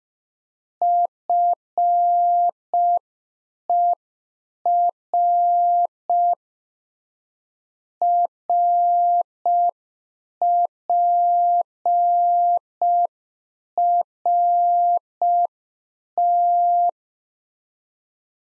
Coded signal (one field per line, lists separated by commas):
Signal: Morse code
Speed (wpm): 5 wpm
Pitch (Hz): 700 Hz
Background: none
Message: FER RPRT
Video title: Practice QSO - Exchange 2- Info - 5wpm